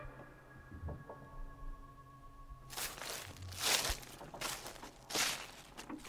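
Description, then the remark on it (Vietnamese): After a few quiet seconds with a faint steady hum, a small young woman's barefoot footsteps start crunching and rustling through dry, thorny, bushy forest undergrowth in a loose rhythm of several crackling steps. “Sau đó tiếng bước chân lại tiếp tục.”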